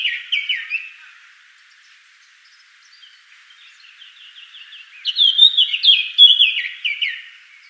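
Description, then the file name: Eurasian blackcap singing: a short whistled burst, a soft scratchy warble, then a bright loud fluty phrase of tumbling notes. "Sylvia atricapilla"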